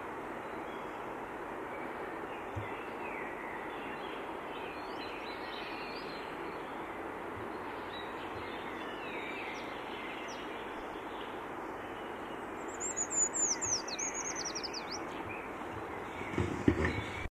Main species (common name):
Eurasian Treecreeper